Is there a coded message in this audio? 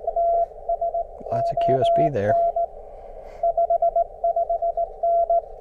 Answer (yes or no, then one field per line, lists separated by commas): yes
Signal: Morse code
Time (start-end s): 0.2-5.4 s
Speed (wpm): 17 wpm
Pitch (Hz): 680 Hz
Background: speech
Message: TS ON 55N